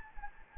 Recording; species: mosquito wingbeat signal from an infrared sensor; Anopheles gambiae